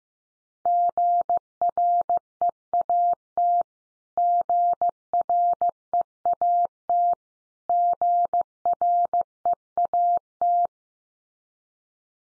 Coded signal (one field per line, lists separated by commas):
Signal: Morse code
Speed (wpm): 14 wpm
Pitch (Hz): 700 Hz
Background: none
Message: GREAT GREAT GREAT